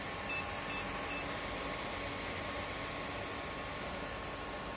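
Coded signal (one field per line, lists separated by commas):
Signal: beep code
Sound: three short high beeps in quick succession, then only steady background hum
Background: fan noise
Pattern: 3 short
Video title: VGA Beep Error ELSA GTX760 - Teknody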